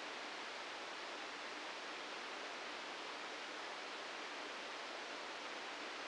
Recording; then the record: brain microelectrode recording played as sound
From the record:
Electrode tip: outside the subthalamic nucleus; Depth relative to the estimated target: 2 mm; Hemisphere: right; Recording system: NeuroSet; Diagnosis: Parkinson's disease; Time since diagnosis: 9 years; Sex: male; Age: 61 years